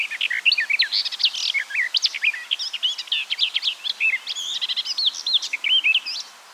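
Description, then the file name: Eurasian blackcap song: a dense, unbroken warble of bright, twisting whistled notes and chattering elements throughout. "Sylvia atricapilla"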